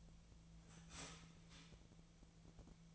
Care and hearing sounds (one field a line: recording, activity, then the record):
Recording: daily activity, microphone in the room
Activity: start toaster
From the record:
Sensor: 1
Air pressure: 1009.3 hPa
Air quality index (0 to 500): 195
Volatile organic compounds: 19 ppm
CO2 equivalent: 2667 ppm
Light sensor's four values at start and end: 27/70/29/34 and 27/70/29/34